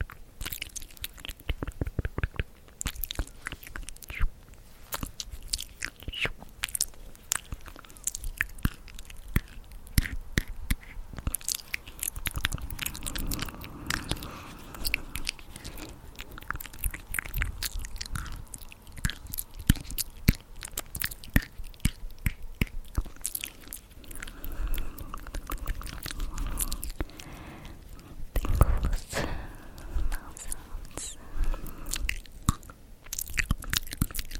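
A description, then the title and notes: Soft mouth sounds: a steady run of wet clicks, smacks and small crunches, dense and irregular throughout, like slow chewing or biting. The pops cluster in quick bursts with brief lulls, and one sharper, louder snap comes near the 28-second mark. ASMR Soft Mouth Sounds and Hand Movements!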